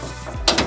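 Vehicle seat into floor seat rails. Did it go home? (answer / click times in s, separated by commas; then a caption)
partly / 0.5 s. A vehicle seat is pushed into its floor mounting rails on the passenger side of a VW bus, with a low rumble before a sharp knock at 0.5 s and a smaller one at 0.6 s. The seat is not yet fully engaged in the rails.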